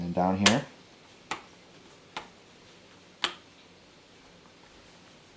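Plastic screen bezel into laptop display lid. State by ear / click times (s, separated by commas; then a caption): seated / 1.3 s, 2.2 s, 3.2 s. Someone talks briefly while the bottom edge of the plastic screen bezel on a Toshiba Satellite L655-S5154 laptop is squeezed into the display lid. Its lower clips pop in with sharp snaps at 1.3, 2.2 and 3.2 seconds. The bezel's lower edge is then seated.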